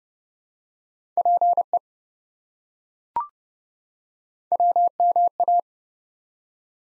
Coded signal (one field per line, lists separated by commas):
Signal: Morse code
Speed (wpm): 29 wpm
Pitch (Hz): 700 Hz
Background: none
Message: PE WMA